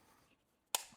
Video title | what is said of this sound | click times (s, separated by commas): ATLAS 46 Technician's Tool Pouch - Good Fit For You? | So it just snaps in, and | 0.8 s